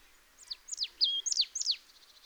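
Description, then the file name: Marsh tit calling, a quick series of high, steeply falling notes with one short flat note in the middle. "Poecile palustris"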